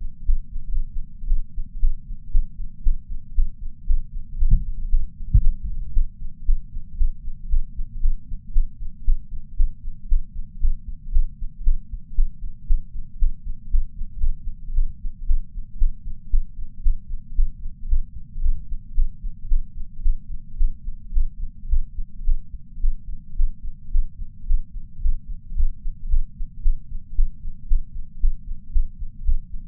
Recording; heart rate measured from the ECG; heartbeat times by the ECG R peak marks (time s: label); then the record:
heart sounds by patch sensor on the chest; 114 bpm
0.25 s: heartbeat
0.68 s: heartbeat
1.26 s: heartbeat
1.79 s: heartbeat
2.31 s: heartbeat
2.82 s: heartbeat
3.34 s: heartbeat
3.86 s: heartbeat
4.37 s: heartbeat
4.89 s: heartbeat
5.41 s: heartbeat
5.93 s: heartbeat
6.45 s: heartbeat
6.96 s: heartbeat
7.48 s: heartbeat
8.00 s: heartbeat
8.52 s: heartbeat
9.04 s: heartbeat
9.56 s: heartbeat
10.08 s: heartbeat
10.59 s: heartbeat
11.11 s: heartbeat
11.63 s: heartbeat
12.15 s: heartbeat
12.66 s: heartbeat
13.18 s: heartbeat
13.70 s: heartbeat
14.18 s: heartbeat
14.73 s: heartbeat
15.26 s: heartbeat
15.78 s: heartbeat
16.30 s: heartbeat
16.82 s: heartbeat
17.34 s: heartbeat
17.87 s: heartbeat
18.40 s: heartbeat
18.94 s: heartbeat
19.48 s: heartbeat
20.02 s: heartbeat
20.56 s: heartbeat
21.12 s: heartbeat
21.68 s: heartbeat
22.23 s: heartbeat
22.80 s: heartbeat
23.35 s: heartbeat
23.90 s: heartbeat
24.46 s: heartbeat
25.00 s: heartbeat
25.54 s: heartbeat
26.08 s: heartbeat
26.62 s: heartbeat
27.15 s: heartbeat
27.67 s: heartbeat
28.19 s: heartbeat
28.71 s: heartbeat
29.23 s: heartbeat
From the record:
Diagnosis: coronary artery disease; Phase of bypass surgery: postoperative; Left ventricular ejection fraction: 71.2%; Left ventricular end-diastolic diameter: 40 mm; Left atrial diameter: 32 mm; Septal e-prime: 7.5 cm/s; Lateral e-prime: 10.9 cm/s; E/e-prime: 8.9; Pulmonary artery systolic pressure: 32 mmHg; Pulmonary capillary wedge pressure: 12 mmHg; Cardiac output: 5.45 L/min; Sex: female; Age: 65 years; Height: 153 cm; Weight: 51.5 kg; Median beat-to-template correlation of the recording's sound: 0.91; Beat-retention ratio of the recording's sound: 0.96